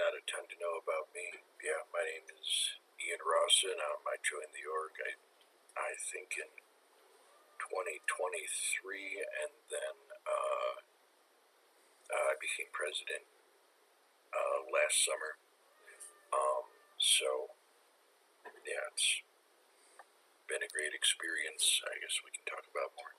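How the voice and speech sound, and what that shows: An adult man speaks fluently in a small room, with natural pauses and fillers; ordinary, typical speech.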